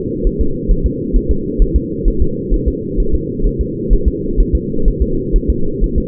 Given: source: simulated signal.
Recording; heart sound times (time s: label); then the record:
fetal heart sounds
0.27 s: S1
0.41 s: S2
0.71 s: S1
0.86 s: S2
1.16 s: S1
1.31 s: S2
1.62 s: S1
1.76 s: S2
2.08 s: S1
2.22 s: S2
2.54 s: S1
2.68 s: S2
3.00 s: S1
3.14 s: S2
3.46 s: S1
3.61 s: S2
3.93 s: S1
4.08 s: S2
4.40 s: S1
4.55 s: S2
4.88 s: S1
5.02 s: S2
5.36 s: S1
5.50 s: S2
5.84 s: S1
5.98 s: S2
From the record:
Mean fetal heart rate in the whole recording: 130 bpm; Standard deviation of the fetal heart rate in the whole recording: 2 bpm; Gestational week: 38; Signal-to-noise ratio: -8.1 dB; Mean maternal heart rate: 72 bpm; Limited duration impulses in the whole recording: absent